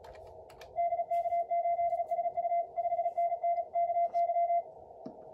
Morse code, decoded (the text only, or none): DK8SU 5NN KY